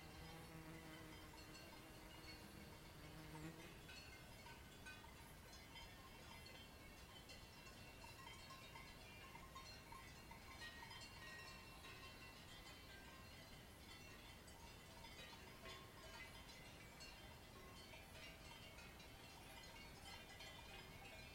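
A cow lets out a low, drawn-out moo in the first few seconds, then falls quiet. After that a steady, dense jumble of clinks and rattles, like clanking bells, carries on at an even level, with a constant rumble underneath.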